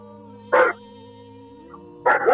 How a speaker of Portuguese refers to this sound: Os cachorros latindo. Não, bom. O corno chegou pra matar eles, os cachorros estão latindo.